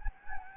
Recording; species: mosquito wingbeat signal from an infrared sensor; Anopheles gambiae